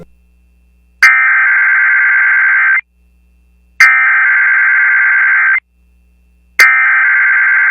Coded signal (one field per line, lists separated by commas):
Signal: Emergency Alert System (SAME) tones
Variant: header bursts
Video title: New Hampshire EAS Alert: Required Monthly Test 08/05/2023 (Alert 3/3)